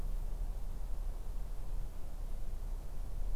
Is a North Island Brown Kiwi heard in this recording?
no